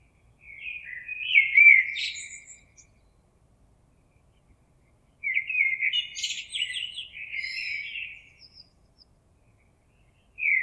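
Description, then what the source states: Common blackbird song, two full warbled phrases of low fluting notes followed by scratchy high twitters, a long pause between them, another phrase starting at the end. Recorded on 26 April 2022.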